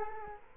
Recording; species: mosquito wingbeat signal from an infrared sensor; Culex quinquefasciatus